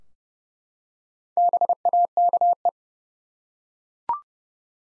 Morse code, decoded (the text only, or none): BAKE